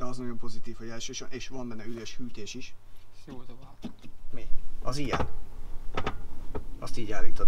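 In a Skoda Kodiaq, an adjustable car-interior armrest with a ratchet, most likely the centre armrest, is handled while someone talks, with a few short sharp knocks near the end. The part is being raised toward a ratchet position but has not clicked or seated yet.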